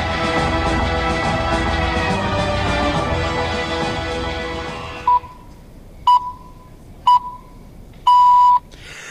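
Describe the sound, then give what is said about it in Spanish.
Electronic beeps: three short, steady mid-pitched pips about a second apart, then a longer final tone, sounding alone after a dense, loud wash of music-like sound cuts off. “Este pitido me va a callar ahora”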